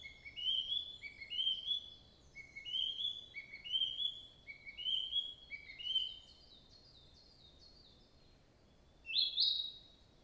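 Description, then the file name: Narcissus flycatcher singing a run of paired high whistled notes, repeated steadily for about six seconds, then a pause and one sharp high phrase, with soft steady background noise. "kibitaki takagi"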